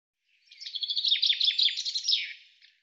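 Common chaffinch singing one quick, bright phrase of rattling trilled notes ending in a short flourish, in otherwise clean silence.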